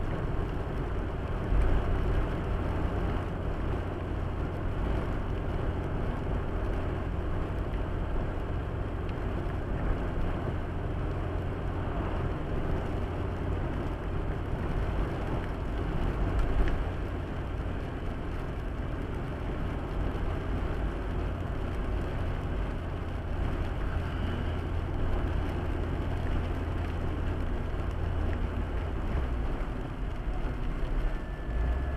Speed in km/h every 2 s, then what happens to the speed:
82, 83, 82, 83, 82, 82, 82, 80, 81, 80, 78, 78, 78, 78, 78, 73.
0-28 steady at about 81.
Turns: none.